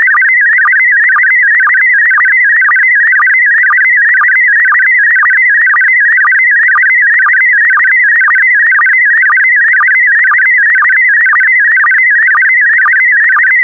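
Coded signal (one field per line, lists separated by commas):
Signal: SSTV (slow-scan television)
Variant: PD120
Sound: steady warbling, chirping tone with a regular click-like dip twice per second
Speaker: the next image transmission will start in 10 seconds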